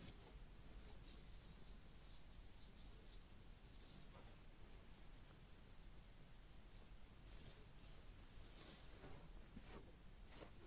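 Head massage and ear cleaning make a steady, dense rustling and scratching, with brief brighter scrapes near four, nine and ten seconds.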